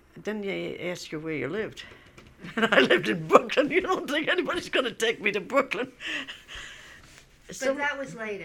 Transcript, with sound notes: Then they ask you where you lived, and I lived in Brooklyn. ( she laughs ) You don't' think anybody's going to take me to Brooklyn.
So that was later.